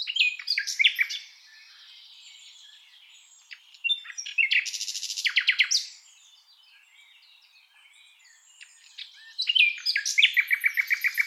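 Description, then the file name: Common nightingale singing varied rich phrases: rapid repeated notes, buzzy bursts and a fast series of clicks, separated by short pauses. "Luscinia megarhynchos"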